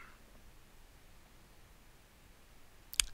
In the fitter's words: refit the filter cover make sure it's locked into place